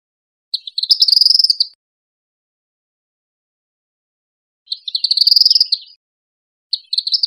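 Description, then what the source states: Tropical kingbird giving three quick bursts of high, sputtering twitter notes with pauses between, the last cut off. Recorded in Costa Rica.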